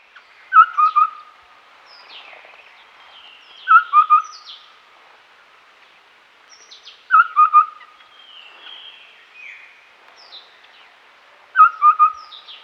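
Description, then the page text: Streak-breasted scimitar babbler calling: a short phrase of two or three clear whistled notes, falling slightly, repeated about every three and a half seconds with fainter higher notes between. "Streak-Breasted Scimitar Babbler Call. Quick Sounds"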